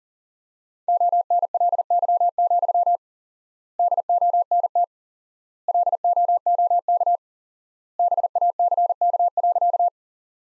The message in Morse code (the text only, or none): ONLY, DONT LOOK BACK.